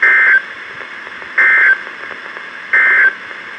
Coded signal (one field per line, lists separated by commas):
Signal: Emergency Alert System (SAME) tones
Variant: end-of-message bursts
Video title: Severe Thunderstorm Warning (EAS #1489)